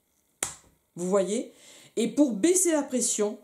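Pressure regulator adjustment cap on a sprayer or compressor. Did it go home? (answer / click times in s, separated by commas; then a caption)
released / 0.4 s. A small adjustment cap on the pressure regulator of a sprayer or compressor is pulled up to unlock it so the pressure can be adjusted. A sharp click sounds at 0.4 s, then someone talks. The cap is released and unlocked.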